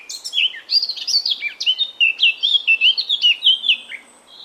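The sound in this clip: Eurasian Blackcap song: a rapid, varied warble of clear whistled and scratchy notes, tumbling between pitches for about four seconds.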